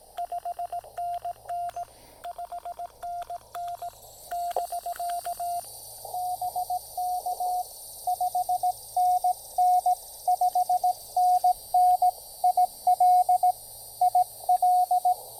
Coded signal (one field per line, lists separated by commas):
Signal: Morse code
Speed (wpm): 18 wpm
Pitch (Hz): 690 Hz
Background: radio noise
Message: 5NN 5NN <BK> BK 5NN 5NN IL IL